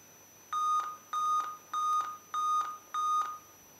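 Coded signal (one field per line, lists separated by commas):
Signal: beep code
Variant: laptop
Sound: five short, evenly spaced electronic beeps at a steady mid-high pitch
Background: small room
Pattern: 5 short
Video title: How to remove Beep Sound Problem In Laptop PC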